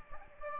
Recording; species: mosquito wingbeat signal from an infrared sensor; Aedes aegypti